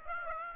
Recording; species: mosquito wingbeat signal from an infrared sensor; Aedes aegypti